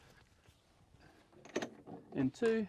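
Someone closes the first of two small locks on the rear section of a camper trailer while talking. A short mechanical click at 1.6 s marks the first small lock latching into place.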